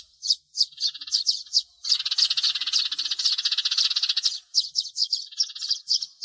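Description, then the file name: Sparrow chirps, short separate notes repeated several times a second, merging into a steady chattering burst midway, then separating again. "Tieng se keo"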